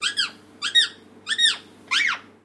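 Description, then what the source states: Rose-ringed parakeet chirps: four arched notes about two-thirds of a second apart, each sweeping up then down with bright layered overtones. Chirp sequence.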